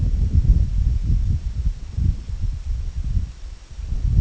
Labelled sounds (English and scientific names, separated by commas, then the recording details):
none
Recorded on Arctic tundra, site IGLO-D, on 25 June 2018
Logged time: 06:00